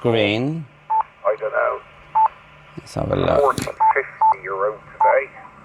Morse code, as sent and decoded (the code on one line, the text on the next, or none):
none